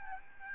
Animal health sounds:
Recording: mosquito wingbeat signal from an infrared sensor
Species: Aedes albopictus

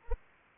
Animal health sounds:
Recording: mosquito wingbeat signal from an infrared sensor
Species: Anopheles arabiensis

